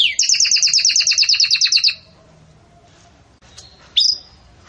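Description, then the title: Belgian canary singing a rapid rolling trill for about two seconds, then near silence with a brief whistled note near the end. Belgian canary song used to teach breeding chicks. "Belíssimo Canto Do Canário Belga Campainha Para Encarte De Filhotes"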